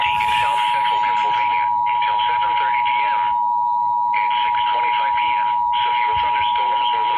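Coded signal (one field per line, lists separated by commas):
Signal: Emergency Alert System (SAME) tones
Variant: 853 and 960 Hz attention tone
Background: speech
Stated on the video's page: Severe Thunderstorm Warning SAME tones from NOAA Weather Radio WXL40 Harrisburg or WARM-FM 103.3 York via EMNet, issued by NWS State College.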